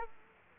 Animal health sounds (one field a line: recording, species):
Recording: mosquito wingbeat signal from an infrared sensor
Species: Culex quinquefasciatus